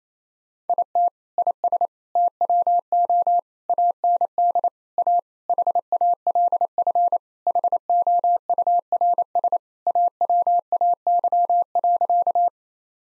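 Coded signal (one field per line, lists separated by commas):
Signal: Morse code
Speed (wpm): 27 wpm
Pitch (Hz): 700 Hz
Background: none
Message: IT IS TWO AND A HALF HOURS AWAY.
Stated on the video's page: Morse practice sentences of common four-word phrases at 28 wpm for head-copy training, each sent, then spoken, then sent again.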